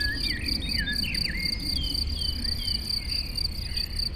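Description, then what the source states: Crickets in chorus, a steady high pulsing trill throughout, with birds whistling and chirping in the background and a low traffic rumble. Chorus of crickets in a sunny west-facing sloping meadow at Chindrieux, France, with birds singing in surrounding trees and traffic noise from the nearby road.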